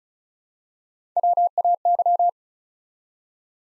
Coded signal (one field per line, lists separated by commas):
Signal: Morse code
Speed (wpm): 36 wpm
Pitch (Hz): 700 Hz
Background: none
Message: WAY